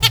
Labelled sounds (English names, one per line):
Zebra Finch hat call